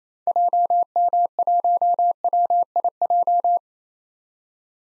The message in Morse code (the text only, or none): JM1WIJ